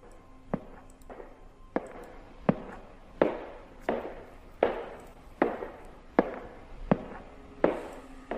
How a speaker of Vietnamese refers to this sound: Bỗng nhiên có tiếng bước chân truyền đến, tiếng bước chân vang vọng ở trên hành lang. Dường như là đi từ xa đến gần, rất chậm rãi.